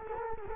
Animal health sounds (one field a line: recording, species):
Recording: mosquito wingbeat signal from an infrared sensor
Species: Culex quinquefasciatus